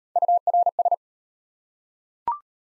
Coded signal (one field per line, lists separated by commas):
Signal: Morse code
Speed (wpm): 33 wpm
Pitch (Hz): 700 Hz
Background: none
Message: URS